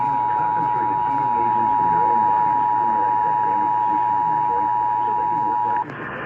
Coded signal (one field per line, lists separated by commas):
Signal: Emergency Alert System (SAME) tones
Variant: 853 and 960 Hz attention tone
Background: speech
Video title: August 2023 Texas Required Monthly Test (EAS #428-436)